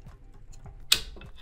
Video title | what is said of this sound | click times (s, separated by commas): Balance and Setup Zhiyun Weebill 3 in UNDER 60 SECONDS! | You should hear it click and when it's properly in. It won't come out unless you push | 0.9 s